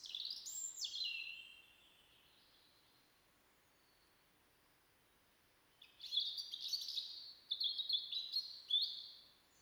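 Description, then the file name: European robin song: a high, thin descending whistle phrase, a few seconds of silence, then a run of warbling, wavering high notes and short trills. "Erithacus rubecula"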